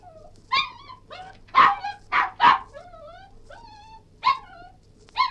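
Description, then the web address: Cairn terrier yelping and whining, several sharp yelps mixed with drawn-out falling whines spread unevenly over a few seconds, a low steady hum underneath. Yelping, whining and barking. "BBC Cairn T"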